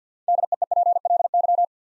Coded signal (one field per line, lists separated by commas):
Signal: Morse code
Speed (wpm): 50 wpm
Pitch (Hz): 700 Hz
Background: none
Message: DEEPLY